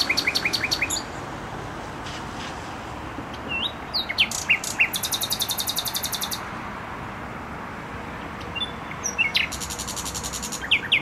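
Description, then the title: Nightingale song mixing rapid clicking trills, a long buzzy rattle of fast repeated notes and sharp whistled chirps, against a continuous traffic roar. Singing in bushes beside a noisy motorway, Trasa Toruńska, Bródno-Podgrodzie, Warsaw, Poland; recorded on an Olympus LS-11. "Bródno-Podgrodzie, Warszawa, Polska - Trasa Toruńska Nightingale"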